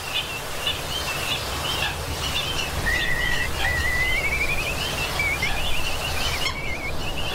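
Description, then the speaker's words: Slender-billed curlew calls: thin wavering whistles rising gently over several seconds, among other high chirps, over steady background noise. "And hear the sound of the slender-billed curlew."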